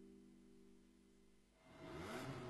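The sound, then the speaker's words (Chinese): A car engine idles with a steady, low droning hum, then surges into a loud, rising roar as it revs and accelerates over the last second. “加足马力，准备进入潮流座驾快车通道”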